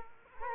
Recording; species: mosquito wingbeat signal from an infrared sensor; Culex quinquefasciatus